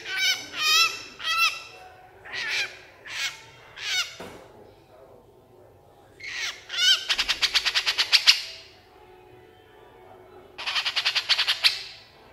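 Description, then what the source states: Horsfield's bush lark song: a string of short warbled whistled phrases, then a long rapid rattling trill, a pause, and another fast trill. Super gacor (vigorous, continuous) singing; a masteran recording for training cage songbirds.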